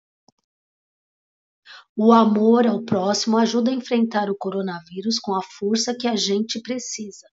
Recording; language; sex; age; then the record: spoken sentence; Brazilian Portuguese; female; 50 to 59 years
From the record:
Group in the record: control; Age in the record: 55 years